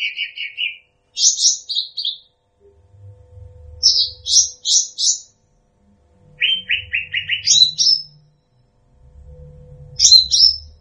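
Bird song in short phrases of fast buzzy repeated chirps, alternating lower and higher trills, separated by gaps of a second or more; faint low hum beneath.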